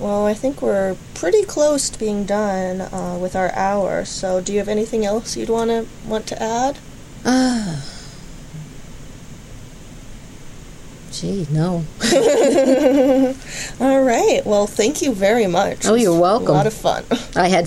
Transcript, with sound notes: Well, I think we're pretty close to being done with our hour, so do you have anything else you want to add?
Gee, no. [laughs]
All right, well, thank you very much.
Oh, you're welcome.
It was a lot of fun.
I had fun.